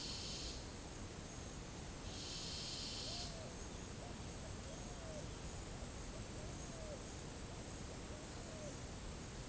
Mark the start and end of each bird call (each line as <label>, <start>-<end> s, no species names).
bird call, 2.94-5.24 s